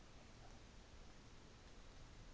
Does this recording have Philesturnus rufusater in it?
no